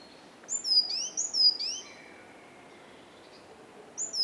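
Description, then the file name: Great tit calls: a short burst of high, sharp, down-slurred notes, a long pause with faint background hiss, then a few more notes at the very end. "Parus major"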